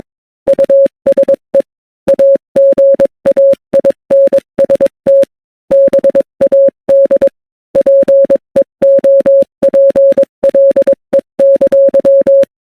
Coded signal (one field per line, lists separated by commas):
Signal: Morse code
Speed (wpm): 22 wpm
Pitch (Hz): 550 Hz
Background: none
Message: USE AGAINST BAD PEOPLE!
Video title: Some Good Roasts in Morse Code to use against bad people